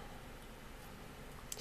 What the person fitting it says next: satisfying snap